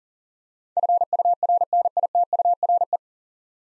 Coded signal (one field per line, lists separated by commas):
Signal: Morse code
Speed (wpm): 44 wpm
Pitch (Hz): 700 Hz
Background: none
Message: FURNITURE